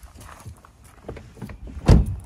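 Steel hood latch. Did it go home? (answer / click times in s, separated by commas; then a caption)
released / 1.9 s. The interior hood release lever of a 2011 Volkswagen Jetta is pulled from the bottom to check the oil, with a few faint ticks and rustles before it. At 1.9 s the hood's primary latch releases with a low thunk, and the hood pops open.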